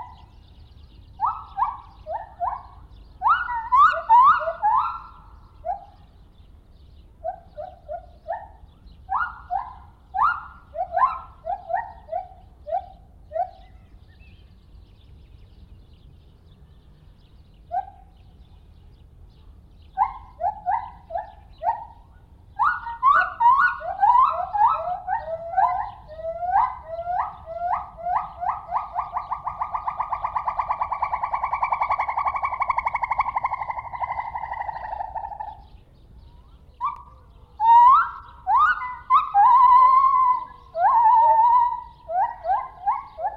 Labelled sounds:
Lar Gibbon (Hylobates lar)

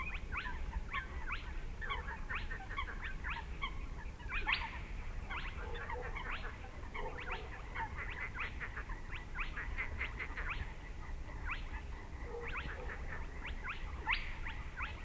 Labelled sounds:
Spotted Crake (Porzana porzana)

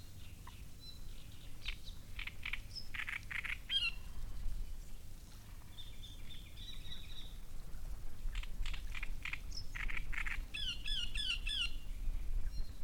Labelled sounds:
Great Reed Warbler (Acrocephalus arundinaceus)

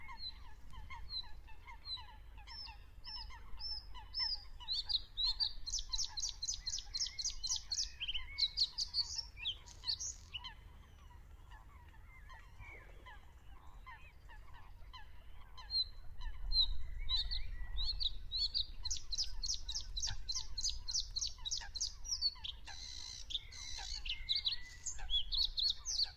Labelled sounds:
Bluethroat (Luscinia svecica) song

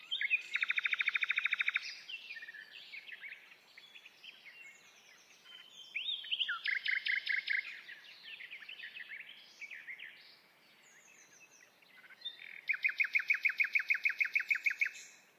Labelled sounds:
Common Nightingale (Luscinia megarhynchos) song

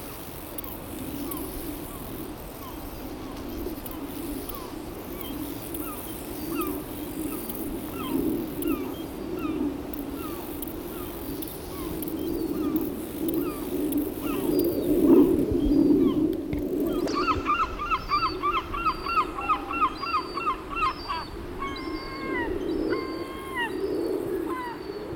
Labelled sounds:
Steppe Grasshopper (Chorthippus dorsatus) stridulation

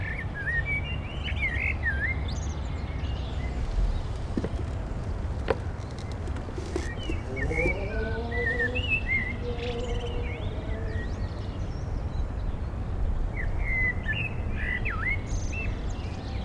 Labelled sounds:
Common Blackbird (Turdus merula) song

